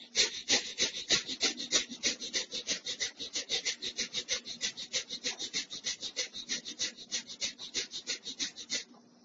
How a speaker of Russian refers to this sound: Затем руки держим чуть-чуть перед собой и начинаем с быстрым дыханием. Дыхание должно быть дыханием огня. Я сейчас объясню, как делается дыхание огня.